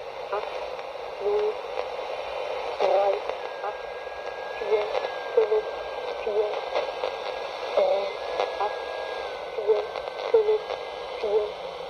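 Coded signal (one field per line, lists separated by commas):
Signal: numbers station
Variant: G06 German Lady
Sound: faint female voice reading short evenly spaced German numbers through heavy shortwave static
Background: radio static, whine tones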